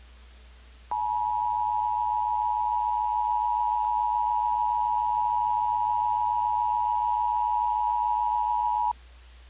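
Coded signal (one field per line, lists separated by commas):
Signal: Emergency Alert System (SAME) tones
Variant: 853 and 960 Hz attention tone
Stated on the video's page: Fictional simulated EAS scenario using valid Emergency Alert System tones.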